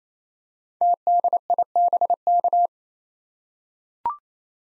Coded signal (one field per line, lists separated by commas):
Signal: Morse code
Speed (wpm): 28 wpm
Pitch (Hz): 700 Hz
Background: none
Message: TDIBK